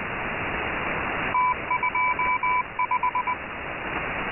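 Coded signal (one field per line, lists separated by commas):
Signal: Morse code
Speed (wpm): 20 wpm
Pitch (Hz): 1000 Hz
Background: none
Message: T25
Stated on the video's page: Scheduled numbers-station message: 3-digit ID, group count, BT separators, and thirty 5-digit groups.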